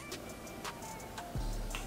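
A lipstick refill in shade six, Scholar Sista, is handled at the base of a matte black Fenty Icon refillable lipstick case, about to be dropped in and pressed. Faint light ticks sit over a quiet background, a low rumble rises from about 1.4 s, and a brief sharp tick comes at 1.8 s. Nothing has seated or clicked yet.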